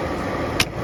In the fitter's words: you'll hear it click